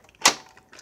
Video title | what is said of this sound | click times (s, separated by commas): Shark Rotator Powered Lift Away vs the Rotator Powered Lift Away Speed | make sure that clicks | 0.3 s